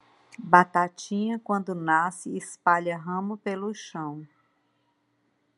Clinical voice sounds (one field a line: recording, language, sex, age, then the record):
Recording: short text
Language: Brazilian Portuguese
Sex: female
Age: 50 to 59 years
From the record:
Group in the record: control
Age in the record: 54 years